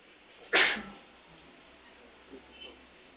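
A single sharp, loud sneeze bursts out early, a quick explosive rush of breath that fades fast, followed by quiet with a couple of faint small noises.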